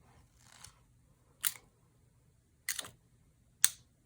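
A fountain pen with a Pilot nib and waterproof gray ink is uncapped and recapped to repeat its cap click. Quieter handling taps come at about 0.7, 1.5 and 2.7–2.8 seconds, then a sharp, loud click at 3.6 seconds as the cap snaps home onto the pen body, seating it shut again.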